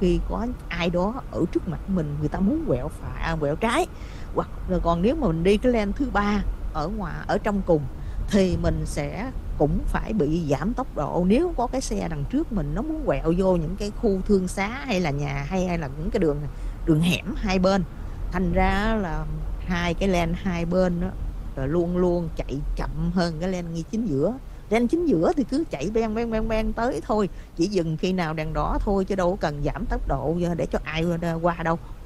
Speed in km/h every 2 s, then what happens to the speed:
64, 66, 69, 71, 64, 61, 61, 63, 60, 58, 55, 53, 48, 47, 45, 47.
0-6 speeds up to 71. 6-9 slows to 61. 9-16 steady at about 61. 16-25 slows to 47. 25-32 steady at about 47.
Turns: none.